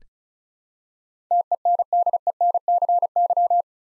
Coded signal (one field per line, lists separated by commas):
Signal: Morse code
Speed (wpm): 36 wpm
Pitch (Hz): 700 Hz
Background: none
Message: TENDENCY